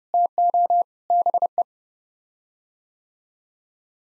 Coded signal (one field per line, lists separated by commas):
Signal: Morse code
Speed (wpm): 32 wpm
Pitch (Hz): 700 Hz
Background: none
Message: TO BE